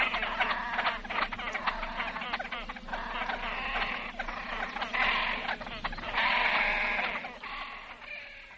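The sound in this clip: Great crested grebe making a steady stream of rough, rapid chattering notes with a few longer nasal calls mixed in.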